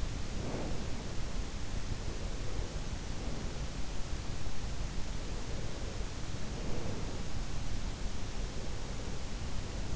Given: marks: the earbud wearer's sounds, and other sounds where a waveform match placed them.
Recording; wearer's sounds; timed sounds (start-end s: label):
sounds in sleep by an in-ear microphone; breath
0.00-1.15 s: breath